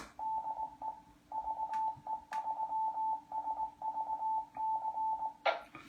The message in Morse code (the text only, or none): DE VE3SVC